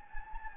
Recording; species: mosquito wingbeat signal from an infrared sensor; Anopheles gambiae